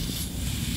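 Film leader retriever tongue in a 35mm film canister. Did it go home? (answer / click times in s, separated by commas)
no / none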